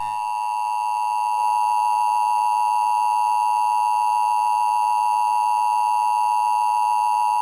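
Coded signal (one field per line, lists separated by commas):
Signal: Emergency Alert System (SAME) tones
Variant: 853 and 960 Hz attention tone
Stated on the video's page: Fictional EAS alert imagined for Springfield; the event did not really happen.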